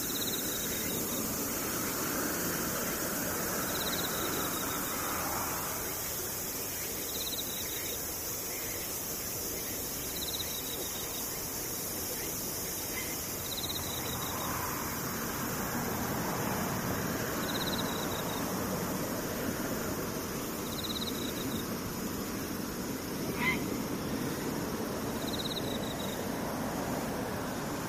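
Insects call steadily: a thin, high buzzing holds throughout, while a short chirp repeats about every two to three seconds. Beneath them runs a constant low rumble of noise, with a faint brief click near twenty-three seconds.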